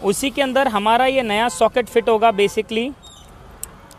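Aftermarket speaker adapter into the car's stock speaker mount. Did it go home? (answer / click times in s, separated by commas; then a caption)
yes / 3.6 s. Someone talks until about 2.9 s while an aftermarket speaker adapter is fitted into the stock speaker mount in the door of a Creta car. A sharp click at 3.6 s, followed by a fainter tick at 3.9 s, marks the adapter locking into the factory mount, and it is seated.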